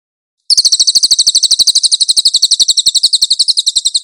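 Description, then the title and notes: Velvet-fronted nuthatch singing one continuous, rapid, high trill of evenly spaced notes, starting after a brief silence. Nonstop training recording for cage birds. "MASTER SUARA BURUNG CILILIN. CICILIN"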